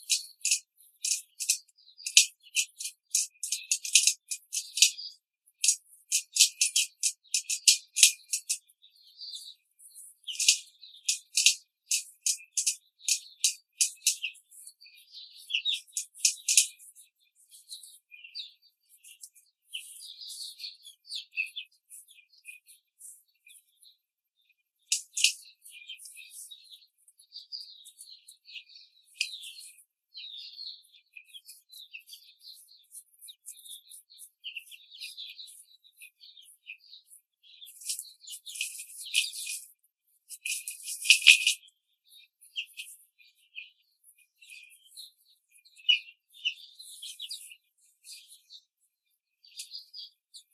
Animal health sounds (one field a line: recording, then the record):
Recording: young laying hens in a cage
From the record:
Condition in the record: control cage, before the stress test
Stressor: none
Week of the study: 4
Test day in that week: 3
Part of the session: 2